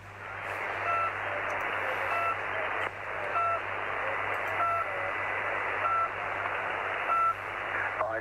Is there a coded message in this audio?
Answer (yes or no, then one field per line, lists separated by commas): no